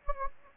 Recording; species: mosquito wingbeat signal from an infrared sensor; Anopheles gambiae